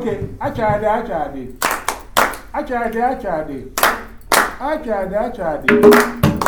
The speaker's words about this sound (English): So we're gonna listen. We're gonna clap our hands and then you do a rap on top.